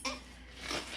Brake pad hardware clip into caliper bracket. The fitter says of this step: so a hardware snaps back in there's a little inside outside action there